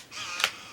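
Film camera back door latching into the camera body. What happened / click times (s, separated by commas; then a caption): The small door latch clicks shut / 0.4 s. The plastic film door on the back of an Olympus Stylus 120 compact 35mm film camera is pushed closed against the camera body, with a soft rustling swell before the latch catches in a single sharp click at 0.4 seconds. The door latches shut and seats properly, showing the latch works.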